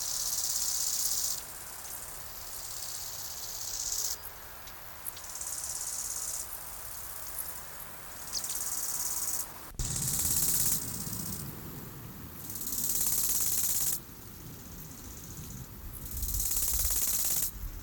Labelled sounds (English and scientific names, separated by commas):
Great Tit (Parus major)